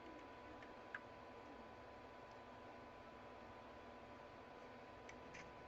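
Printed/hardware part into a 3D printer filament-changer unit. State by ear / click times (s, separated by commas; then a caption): seated / 0.9 s. A part is pushed into its mount on an LDO Box Turtle filament-changer add-on for a 3D printer, with plenty of clearance. It seats with one sharp, clean click at 0.9 s, and a fainter tick follows around 5.1 s over steady background hiss.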